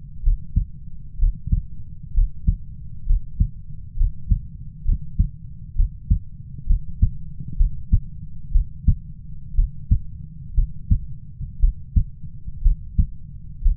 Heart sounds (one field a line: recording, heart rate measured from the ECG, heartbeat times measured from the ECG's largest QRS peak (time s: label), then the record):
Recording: heart sounds by stethoscope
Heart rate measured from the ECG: 63 bpm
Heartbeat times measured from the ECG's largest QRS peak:
0.23 s: heartbeat
1.19 s: heartbeat
2.14 s: heartbeat
3.06 s: heartbeat
3.97 s: heartbeat
4.85 s: heartbeat
5.76 s: heartbeat
6.66 s: heartbeat
7.57 s: heartbeat
8.52 s: heartbeat
9.55 s: heartbeat
10.54 s: heartbeat
11.60 s: heartbeat
12.62 s: heartbeat
13.62 s: heartbeat
From the record:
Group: healthy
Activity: breath hold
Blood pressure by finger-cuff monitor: 92/58 mmHg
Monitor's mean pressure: 72 mmHg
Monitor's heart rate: 64 bpm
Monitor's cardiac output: 5.6 L/min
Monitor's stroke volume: 84 mL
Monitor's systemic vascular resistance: 890 dyn s/cm5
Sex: female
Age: 22 years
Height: 157 cm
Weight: 47.6 kg